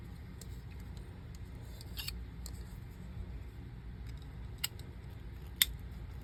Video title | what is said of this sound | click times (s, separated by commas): Building a Custom Honey Badger LinerLock Folding Knife From Scratch Honey Badger Don’t Care | You hear that click? That was the uh | 5.6 s